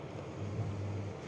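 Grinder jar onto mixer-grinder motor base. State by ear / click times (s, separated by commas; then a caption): not seated / none. A grinder jar is fitted and twisted onto the motor base of a Maharaja Whiteline juicer mixer grinder as it is being locked in place. A steady low rumble is heard throughout, with no distinct clicks. Nothing has seated or clicked yet.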